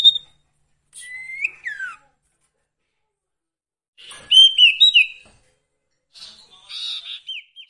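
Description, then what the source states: Sirtu song: a short note, then a sliding whistle, a bright warbled phrase and a last soft run of chirps, separated by silences. Songbird training (masteran) with the full range of song variations.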